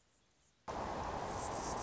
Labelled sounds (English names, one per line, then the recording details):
Anna's Hummingbird
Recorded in Sonoma County, California